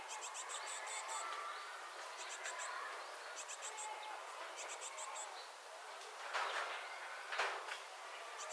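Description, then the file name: Great tit song: short phrases of repeated high two-pitch notes at brief intervals over a steady hiss, with two brief noise bursts near the end. "Parus major"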